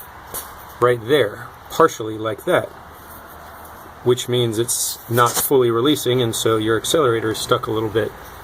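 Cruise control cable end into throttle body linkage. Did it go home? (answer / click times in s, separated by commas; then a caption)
no / none. A cruise control cable end is handled at the throttle body linkage of a 2006 Ford Taurus while someone talks, with faint handling noises between the words. The cable end is partially caught and not fully releasing, leaving the accelerator stuck a little. Nothing has seated or clicked yet.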